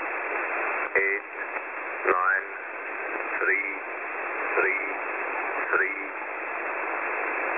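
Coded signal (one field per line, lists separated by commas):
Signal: numbers station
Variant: E06 English Man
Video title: E06 English Man Unscheduled TX 27/01/2023 1006 UTC 13921kHz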